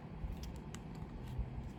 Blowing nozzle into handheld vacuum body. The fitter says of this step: and it pops right in